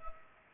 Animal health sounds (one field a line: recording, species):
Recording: mosquito wingbeat signal from an infrared sensor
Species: Culex pipiens